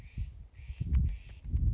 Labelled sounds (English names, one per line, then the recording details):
Steller's Jay
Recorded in Sonoma County, California